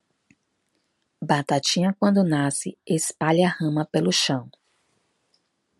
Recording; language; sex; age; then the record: short text; Brazilian Portuguese; female; 40 to 49 years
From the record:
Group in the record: control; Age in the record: 44 years